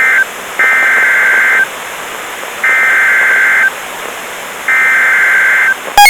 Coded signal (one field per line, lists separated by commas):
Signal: Emergency Alert System (SAME) tones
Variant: header bursts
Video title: THE 2 ALERTS OF 8/28/19 0- EAS 229 AND 230